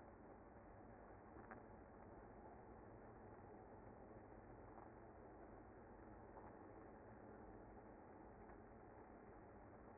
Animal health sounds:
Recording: honeybee colony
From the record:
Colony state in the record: active

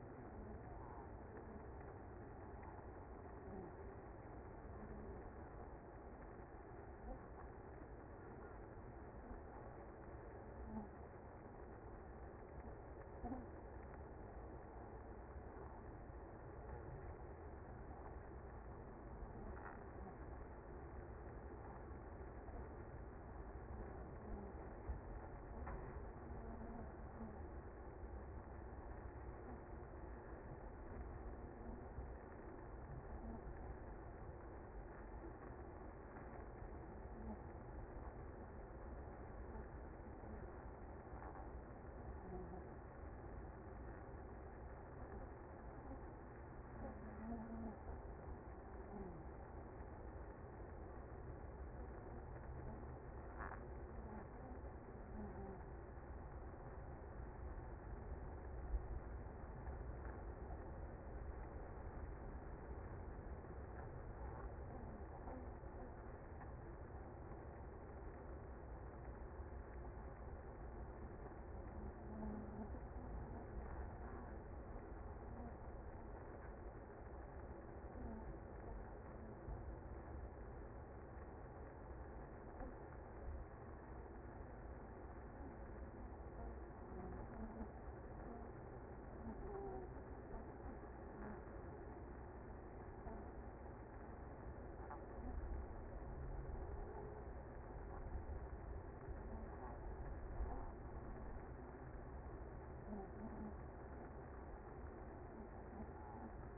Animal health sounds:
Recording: honeybee colony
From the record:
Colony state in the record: active

